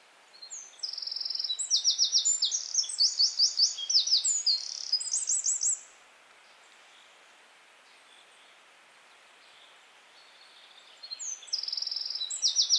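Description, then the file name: Eurasian wren song: one long burst of rapid, shrill trills and sharp notes lasting about five seconds, a pause of quiet, then a new song begins. "Troglodytes troglodytes"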